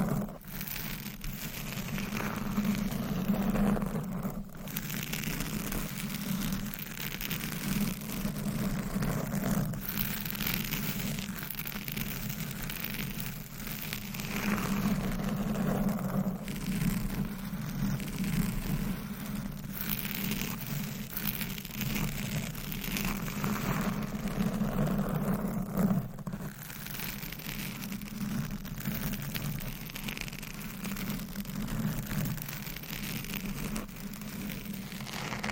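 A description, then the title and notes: Close, dense scratching and brushing runs almost nonstop over a steady low rumble, with brief pauses near 4, 10, 16 and 26 seconds. ASMR 20 Up Close Triggers in 20 Minutes Scratching , Tapping , Brushing , Massage etc No Talking.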